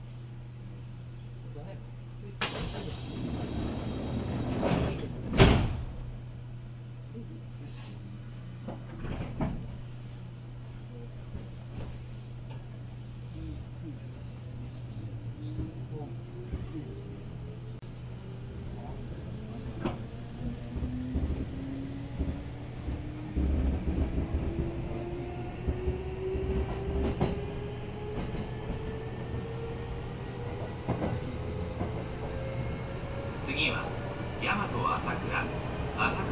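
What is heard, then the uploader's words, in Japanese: A train ride heard from inside the carriage, with a steady low hum running throughout. A sharp clunk and burst of noise come near the start, then a rising whine builds from about fifteen seconds as the train gathers speed, with scattered knocks and faint voices. 近鉄大阪線 急行 名張→大和朝倉。平日のお昼時、そろそろ学生の乗り降りが始まりそうな時間帯です。名張から桜井までは各駅停車になるのでこまめに停車していきます。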